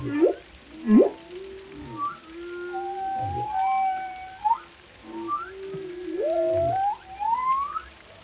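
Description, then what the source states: Whale song of high, drawn-out whistles and rising sweeps over a few short low grunts, quiet between phrases. Whale vocalizations, including moans, calls and melodic sounds.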